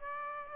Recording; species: mosquito wingbeat signal from an infrared sensor; Aedes aegypti